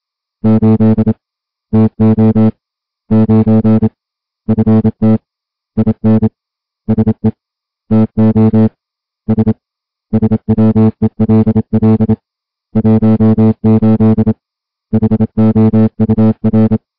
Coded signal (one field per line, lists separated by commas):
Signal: Morse code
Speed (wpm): 27 wpm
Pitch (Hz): 220 Hz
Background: music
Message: 8 TO 9 FT IN SE TO S SWELL 18 HOUR